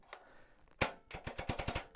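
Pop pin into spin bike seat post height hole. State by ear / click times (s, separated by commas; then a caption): seated / 0.8 s. The spring-loaded pop pin on a spin bike's seat post is released after a height adjustment, and its metal peg snaps into a hole in the post with a sharp click at 0.8 seconds, showing that it is engaged. A faint tick comes just before at 0.1 seconds, and a quick series of quieter clicks and knocks follows between about 1.1 and 1.8 seconds.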